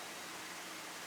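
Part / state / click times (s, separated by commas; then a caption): liner lock engaging behind the blade of a folding knife / not seated / none. A Smith & Wesson folding flipper knife sold by Walmart is handled as its blade is opened a second time, with its steel liner lock about to engage behind the blade. Only a steady, even broadband hiss is heard with no sharp transients. The liner lock has not yet clicked or snapped into place.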